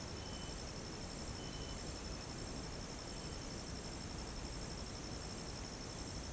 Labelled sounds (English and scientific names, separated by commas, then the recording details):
none
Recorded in pastures near Puerto Asís, Putumayo, Colombia, on 12 March 2025 at 17:30
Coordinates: 0.472, -76.329
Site G074